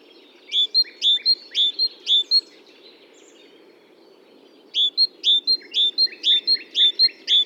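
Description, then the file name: Great tit song: bright two-note phrases repeated quickly in two bursts, about two and three seconds long, separated by a pause, over a low steady background hum. "Parus major"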